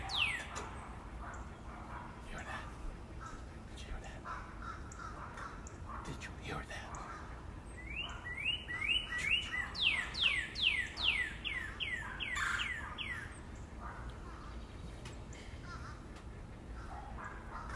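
A red cardinal sings in a backyard, its clear whistles sweeping downward in a quick repeated series around the middle of the clip, from about eight to thirteen seconds. A low, steady rumble and murmur run underneath throughout, with a few brief sharp knocks.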